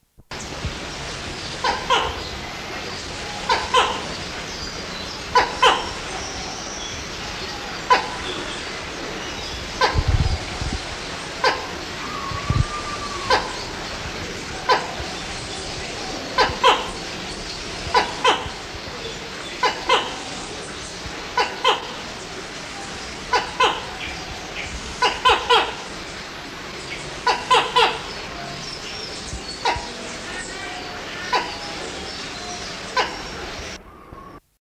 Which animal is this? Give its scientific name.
Aceros corrugatus